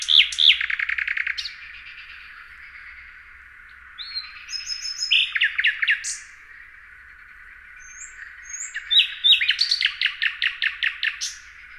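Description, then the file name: Common nightingale song: varied phrases of rapid repeated notes, short whistles and trills, separated by pauses of a couple of seconds. "Luscinia megarhynchos"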